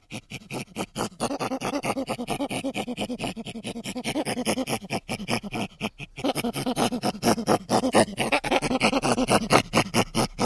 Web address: chimpanzee